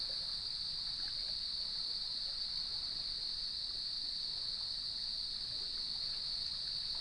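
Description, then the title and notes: Crickets: continuous high trilling, level and uninterrupted, above a soft low background noise. At sunset on the beach of Lighthouse West Natural Area, Leelanau Peninsula, by gnarled cedar trees, with waves in the background. "Sounds of Leelanau Peninsula: Lighthouse West Natural Area. Nature is my Jam"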